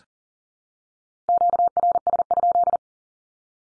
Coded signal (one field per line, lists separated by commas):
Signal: Morse code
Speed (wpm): 40 wpm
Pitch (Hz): 700 Hz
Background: none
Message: QRS?